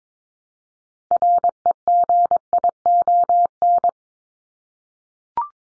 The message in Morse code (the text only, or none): REGION